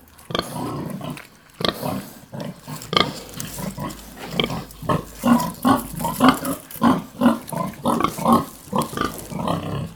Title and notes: Besnate - Cascina Pasque' - 20181211-Un maiale nero con i suoi sei maialini in atto di allattamento